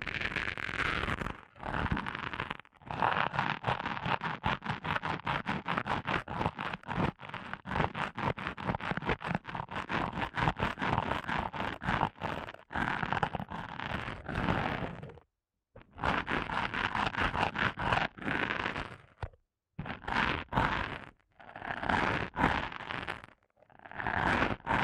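An ASMR eardrum massage made of dense, rapid scratching and rubbing strokes that fill the sound with a bright, textured rasp. The rubbing runs in bursts with brief full silences near 1, 2.5, 15, 19.5 and 21 seconds, sometimes swelling into smoother swishes.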